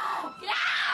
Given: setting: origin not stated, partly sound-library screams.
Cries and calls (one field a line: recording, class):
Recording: one-second piece from a danger detection set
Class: woman in danger